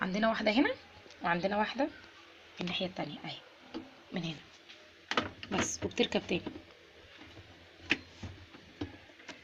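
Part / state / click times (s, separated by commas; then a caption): lint filter into washing machine drum housing / seated / 7.9 s. After the lint is cleaned out, a plastic lint filter is refitted into its housing on the drum of an LG 13 kg washing machine while someone talks. A sharp click at 7.9 s marks the filter seating, and it is locked in place.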